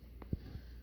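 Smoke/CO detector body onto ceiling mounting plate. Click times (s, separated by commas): 0.2 s, 0.3 s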